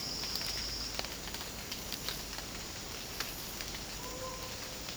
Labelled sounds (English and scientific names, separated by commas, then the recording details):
none
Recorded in secondary vegetation near Puerto Asís, Putumayo, Colombia, on 27 June 2025 at 08:30
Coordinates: 0.484, -76.319
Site G074